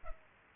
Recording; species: mosquito wingbeat signal from an infrared sensor; Culex pipiens